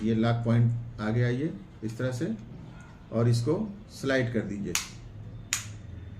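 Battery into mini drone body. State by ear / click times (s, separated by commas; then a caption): seated / 5.5 s. A battery is set with its holes on the two lock points of a DJI Neo mini drone body and slid forward into place while someone talks. A sharp click at 5.5 s marks the battery sliding in and locking, confirmed as seated.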